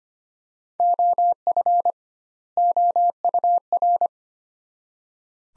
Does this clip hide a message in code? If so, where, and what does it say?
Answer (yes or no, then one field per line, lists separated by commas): yes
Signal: Morse code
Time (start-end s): 0.8-4.1 s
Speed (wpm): 25 wpm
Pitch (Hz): 700 Hz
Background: none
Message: OF OUR